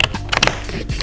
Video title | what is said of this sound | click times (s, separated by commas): HOW-TO: Replace Chevy Volt Window Regulator | bottom goes in first where these little tabs are and the top snaps in now | 0.0 s